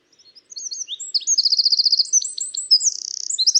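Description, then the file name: Eurasian wren song: a shrill, rushing string of sharp notes with a clear rapid trill early on and a buzzy trill later, fast and energetic throughout. "Troglodytes troglodytes"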